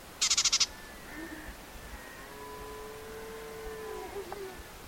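White-throated warbler call: a quick burst of about six loud, buzzy, rattling notes, followed by faint, drawn-out tonal sounds over a steady background hiss.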